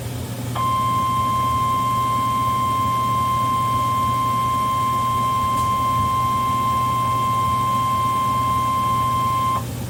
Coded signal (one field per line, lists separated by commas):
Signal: Emergency Alert System (SAME) tones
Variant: 1050 Hz attention tone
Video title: GRADUATION | EAS Tests from 5/26/21 | EAS #264-268